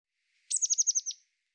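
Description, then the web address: Eurasian blue tit calling: a quick run of seven high, clipped notes that slide downward, each sharp and evenly spaced, over a silent background. "cianscape birddata Deverinetal 2025 File cleaned normalized Bird Cy Ca"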